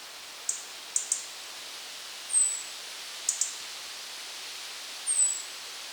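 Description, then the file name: European robin alternating sharp ticking notes, single or paired, with two high, thin, downslurred seep whistles spaced about three seconds apart; quiet hiss throughout. "Erithacus rubecula"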